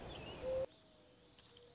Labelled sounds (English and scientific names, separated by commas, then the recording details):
Mourning Dove (Zenaida macroura)
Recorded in Sonoma County, California